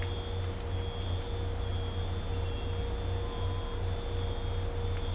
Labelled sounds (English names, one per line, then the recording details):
none
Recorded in dense forest near Puerto Asís, Putumayo, Colombia, on 22 December 2024 at 02:00
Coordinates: 0.503, -76.323
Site G043